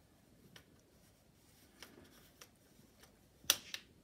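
During reassembly of a Bugaboo Fox stroller's folding mechanism, a rotating piece of the folding hinge is turned until it pushes down into its groove. Faint handling ticks at about 0.6, 1.8 and 2.4 seconds are followed by a sharp click at 3.5 seconds as the piece seats in the groove, then a smaller click at about 3.7 seconds.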